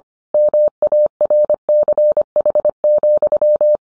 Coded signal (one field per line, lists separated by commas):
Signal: Morse code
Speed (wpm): 25 wpm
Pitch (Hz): 600 Hz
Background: none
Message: MARCH,